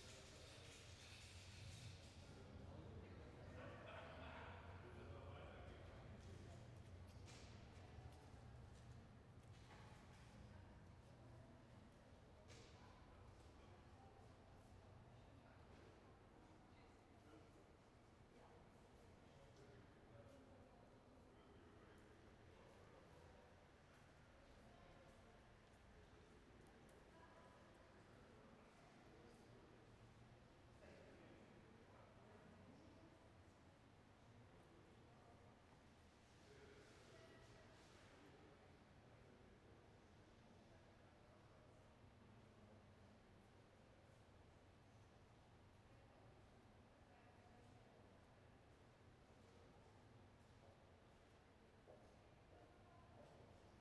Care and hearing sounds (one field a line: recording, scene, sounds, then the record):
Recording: everyday scene through a hearing-aid microphone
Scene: reverberant space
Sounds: background noise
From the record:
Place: railway station hall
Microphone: behind the ear, right, front